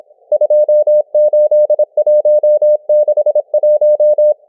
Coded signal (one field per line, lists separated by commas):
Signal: Morse code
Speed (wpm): 26 wpm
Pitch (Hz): 600 Hz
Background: none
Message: 28161